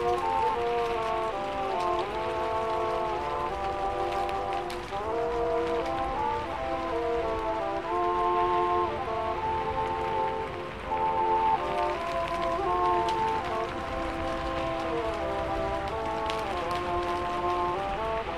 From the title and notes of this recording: Oldies playing in another room and it's raining ( it's a great night).